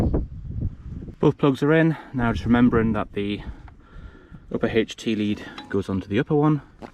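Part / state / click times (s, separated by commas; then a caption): HT lead plug cap onto spark plug terminal / not seated / none. Someone talks while handling the upper HT lead's rubber plug cap toward the top of the newly fitted upper spark plug on a Mercury/Mariner F15 F20 EFI / Tohatsu MF15 MF20 EFI 4-stroke outboard engine, with both plugs already in. A brief faint knock is heard at 0.1 s. The cap has not clicked onto the plug yet, and nothing has seated.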